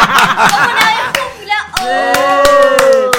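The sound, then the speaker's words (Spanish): Applause with a quick flurry of handclaps at first, then sparser claps continuing over voices and sustained tonal sounds through the rest. “Arrancamos con los aplausos, veníamos bien.”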